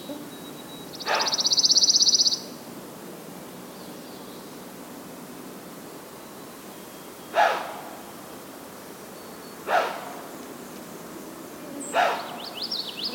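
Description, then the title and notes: White-tailed deer snorting in short explosive bursts, four in all at irregular gaps, the first overlapping a buzzy high bird trill, with faint high bird notes near the end. Two wild deer snorting, perhaps to communicate caution after catching the recordist's scent, for a couple of minutes; bog trail, Schoodic Woods; 18 June 2019, about 06:21. "White-tailed Deer snorting. a bog trail in Schoodic Woods. the two deer caught my scent and they began snorting, perhaps to communicate caution. 18jun2019"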